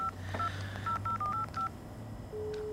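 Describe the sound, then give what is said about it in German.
A phone number is dialed on a keypad to call the caretaker: about seven short, bright touch-tone beeps in an uneven rhythm, followed by a lower steady tone, over a faint low hum. “wähl die Nummer.”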